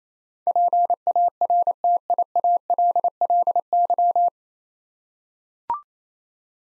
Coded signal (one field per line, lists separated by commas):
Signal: Morse code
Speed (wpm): 28 wpm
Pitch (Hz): 700 Hz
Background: none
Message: PARTIALLY